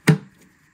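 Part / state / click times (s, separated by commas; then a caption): plastic mounting piece onto a headlight assembly housing / seated / 0.1 s. A plastic mounting piece taken from the old headlight of a Mazda 6 is slid onto the new headlight assembly housing and pushed until it snaps into place. One sharp, loud snap is heard at 0.1 s, followed by a short low ringing decay and a faint tick near 0.4 s. The piece is seated.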